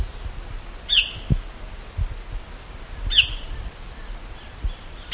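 Bird calls: short, sharp, high chirps that sweep downward, spaced roughly two seconds apart, over soft low thumps and a light background hiss.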